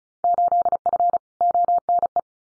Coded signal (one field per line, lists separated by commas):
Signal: Morse code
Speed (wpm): 34 wpm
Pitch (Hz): 700 Hz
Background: none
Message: 8F ONE